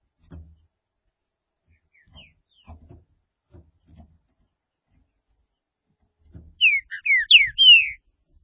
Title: Trinca Ferro